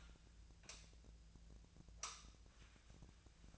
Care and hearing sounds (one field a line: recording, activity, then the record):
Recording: daily activity, microphone in the room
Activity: light on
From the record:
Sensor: 2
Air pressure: 1009.7 hPa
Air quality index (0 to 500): 180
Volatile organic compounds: 10 ppm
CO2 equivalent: 2252 ppm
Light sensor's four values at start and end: 26/64/28/31 and 32/83/35/37